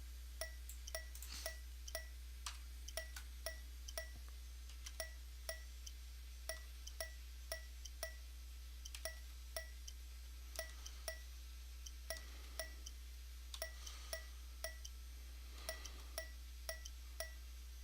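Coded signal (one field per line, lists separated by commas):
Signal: tap code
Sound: series of short ringing taps about twice a second, in loose groups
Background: low electrical hum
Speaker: we're gonna play the part of the fuser and we're going to count out how many tabs or between each gap here we go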